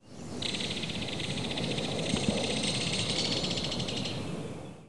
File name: Megaceryle alcyon